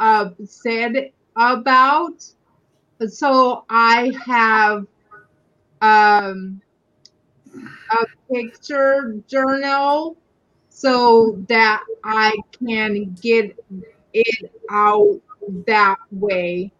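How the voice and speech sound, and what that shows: Slow, halting speech from an adult woman with aphasia after a stroke at age 42, with long pauses, fillers and drawn-out words. Her speech varies from time to time and becomes 'word salad' when she is upset.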